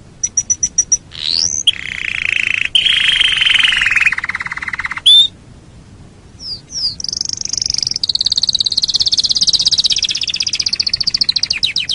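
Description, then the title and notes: Canary song with fast high trills, a long buzzy rolling tour dropping in pitch, a short pause, then sweeping whistles and steady rapid rolls. Canary masteran (tutor) song, meant to make other birds sing more wildly. "SUARA MASTERAN KENARI. masteran kicau kenari"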